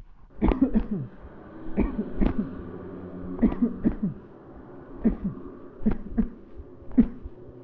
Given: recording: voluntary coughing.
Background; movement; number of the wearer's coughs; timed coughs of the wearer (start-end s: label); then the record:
traffic; sitting; 10
0.40-0.71 s: cough
0.71-1.07 s: cough
1.74-2.12 s: cough
2.18-2.49 s: cough
3.39-3.81 s: cough
3.82-4.14 s: cough
5.02-5.33 s: cough
5.83-6.15 s: cough
6.15-6.40 s: cough
6.95-7.29 s: cough
From the record:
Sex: male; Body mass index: 20.5 kg/m2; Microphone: on the chest, facing the body